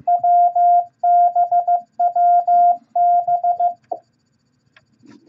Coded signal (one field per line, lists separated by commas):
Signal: Morse code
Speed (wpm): 15 wpm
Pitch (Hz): 700 Hz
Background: none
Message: WBWB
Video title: Morse Code Practice Beginner Set AWJNDB At 15 Words Per Minute #4!